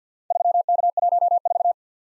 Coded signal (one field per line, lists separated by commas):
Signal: Morse code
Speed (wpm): 50 wpm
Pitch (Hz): 700 Hz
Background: none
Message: 3K14